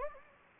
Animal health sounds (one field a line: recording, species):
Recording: mosquito wingbeat signal from an infrared sensor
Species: Anopheles gambiae